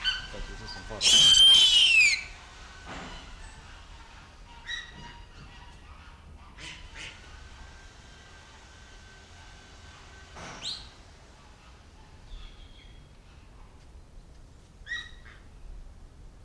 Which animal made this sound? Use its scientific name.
Harpia harpyja